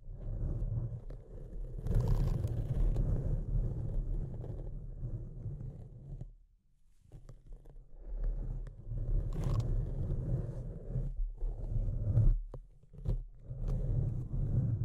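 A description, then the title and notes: Deep scratching, a dense low rasping that runs almost without a break, with rougher, brighter scrapes around 2 and 9.5 seconds. It drops to near silence at about 6.5 seconds, then resumes in bursts with short gaps near 11 and 12.5 seconds. Deep Scratching. (No Talking).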